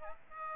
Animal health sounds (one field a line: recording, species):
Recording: mosquito wingbeat signal from an infrared sensor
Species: Aedes albopictus